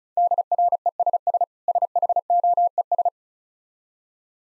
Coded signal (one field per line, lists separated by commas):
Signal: Morse code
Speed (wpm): 36 wpm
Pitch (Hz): 700 Hz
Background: none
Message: DRESS SHOES